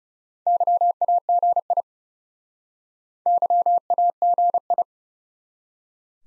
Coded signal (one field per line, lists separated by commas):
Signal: Morse code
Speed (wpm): 39 wpm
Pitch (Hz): 700 Hz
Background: none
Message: YAGI YAGI